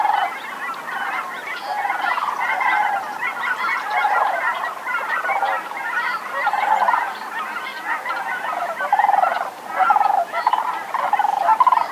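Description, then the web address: Sandhill cranes calling together in a dense chorus of overlapping rolling, trumpeting calls, with no pause throughout. "Sandhill crane. صدای-پرنده-درنای-شنزار"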